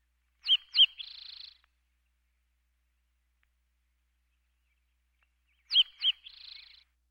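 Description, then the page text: Spotted towhee song: two sharp, high introductory notes followed by a dry buzzy trill, given twice about five seconds apart, with silence between. "Spotted Towhee Sparrow. Quick Sounds"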